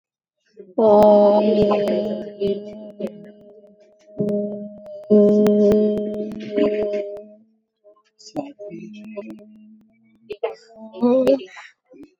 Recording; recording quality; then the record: sustained vowel as in boot; moderate, slight background noise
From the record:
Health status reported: healthy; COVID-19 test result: not tested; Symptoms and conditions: none ticked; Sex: female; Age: 28 years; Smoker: not ticked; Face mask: not worn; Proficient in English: yes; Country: India